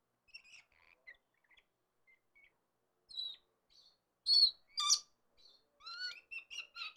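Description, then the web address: Red lory chirping in irregular bursts, soft scratchy notes followed by louder harsh squeaks and quick rasping calls. "red lories chirp"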